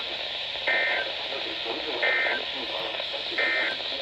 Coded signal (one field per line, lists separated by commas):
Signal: Emergency Alert System (SAME) tones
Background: speech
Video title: Alerts just keep coming EAS# 145-157 7/28/20 - 7/29/20